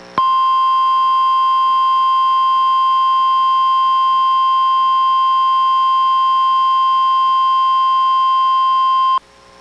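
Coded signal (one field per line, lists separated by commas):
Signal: Emergency Alert System (SAME) tones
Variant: 1050 Hz attention tone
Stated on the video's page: NOAA weather radio Required Weekly Test relayed from Astoria, recorded from a Reecom R-1630 weather radio through a Zoom H1 recorder.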